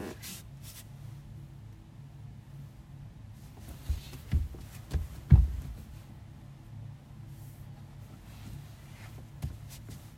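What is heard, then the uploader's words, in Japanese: Furniture is being moved while tidying, with a desk and sofa shifted around. A low, steady rumble runs throughout, broken by a cluster of sharp knocks and thumps between about four and six seconds, the loudest near five, then a single bump near the end. 掃除と片付け。机とソファの位置を変える。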